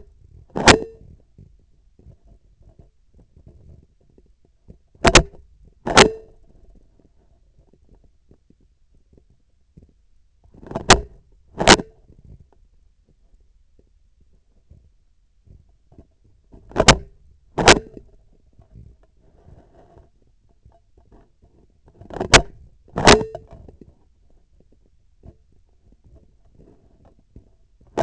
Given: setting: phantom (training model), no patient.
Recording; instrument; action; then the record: laparoscopic instrument, vibration sensor on the handle end; scissors; opening and closing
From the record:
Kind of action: tool actuation without material contact